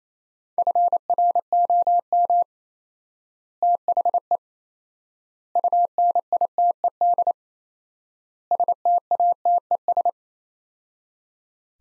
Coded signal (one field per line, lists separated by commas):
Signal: Morse code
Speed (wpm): 28 wpm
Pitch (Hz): 700 Hz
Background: none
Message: FROM THE UNITED STATES